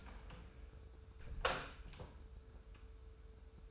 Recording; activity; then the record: daily activity, microphone in the room; close door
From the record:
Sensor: 2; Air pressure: 1015.0 hPa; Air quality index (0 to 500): 129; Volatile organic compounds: 4 ppm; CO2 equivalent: 1653 ppm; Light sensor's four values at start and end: 13/35/14/15 and 13/35/14/15